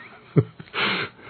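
A single sharp cough burst from an adult woman in the background, followed by a breathy, noisy exhalation; she is almost completely healed from an illness and it is just a cough.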